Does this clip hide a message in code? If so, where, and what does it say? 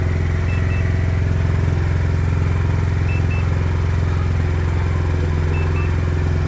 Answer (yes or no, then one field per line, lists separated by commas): no